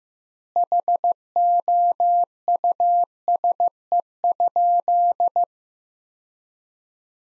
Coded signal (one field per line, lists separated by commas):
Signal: Morse code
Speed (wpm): 15 wpm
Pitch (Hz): 700 Hz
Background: none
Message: HOUSE?